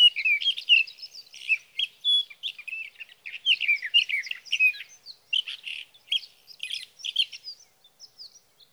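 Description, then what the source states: Sage thrasher giving a long, busy warbled song of quick varied notes, growing sparser and softer toward the end. Male singing through the night near his night roost, evenings of June 12 to mornings of June 15, 2018, Sierra Valley, California; recorded with a Swift recorder.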